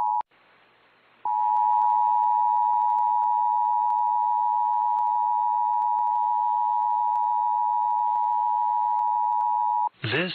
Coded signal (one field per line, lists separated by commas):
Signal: Emergency Alert System (SAME) tones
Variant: 853 and 960 Hz attention tone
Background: speech